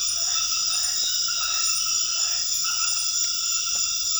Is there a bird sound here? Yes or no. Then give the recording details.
no. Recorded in dense forest near Puerto Asís, Putumayo, Colombia, on 8 March 2025 at 22:00. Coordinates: 0.484, -76.325. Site G045